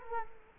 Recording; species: mosquito wingbeat signal from an infrared sensor; Culex quinquefasciatus